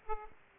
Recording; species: mosquito wingbeat signal from an infrared sensor; Aedes aegypti